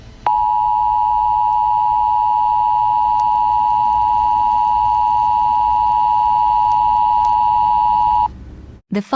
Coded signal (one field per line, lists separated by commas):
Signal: Emergency Alert System (SAME) tones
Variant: 853 and 960 Hz attention tone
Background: speech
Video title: EAS Scenario. The Martian Mystery